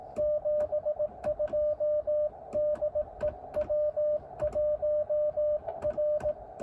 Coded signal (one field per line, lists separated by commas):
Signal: Morse code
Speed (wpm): 18 wpm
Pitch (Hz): 590 Hz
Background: radio noise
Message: 72 DE W1R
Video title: First QRP CW POTA activation in a new park: Elecraft KX2 & K6ARK random wire. Albany Nursery WMA!